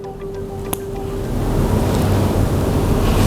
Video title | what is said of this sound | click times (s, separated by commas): PROSEDUR IMUNISASI | ke arah port sampai terdengar bunyi klik. | 0.7 s